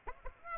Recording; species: mosquito wingbeat signal from an infrared sensor; Aedes aegypti